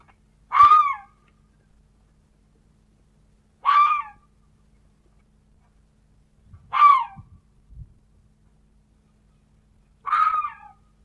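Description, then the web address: Red fox calling with four harsh, descending barks spaced about three seconds apart, with a couple of soft knocks after the third. "glos lisa"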